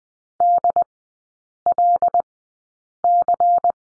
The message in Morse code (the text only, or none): DLC